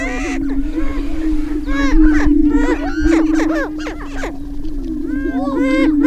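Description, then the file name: Greater prairie chickens booming: a low resonant hum throughout, with clustered cackling and yelping calls in bursts and occasional low thumps. Booming recorded on 6 May 2005. "2005-05-06 Greater Prairie Chicken Booming"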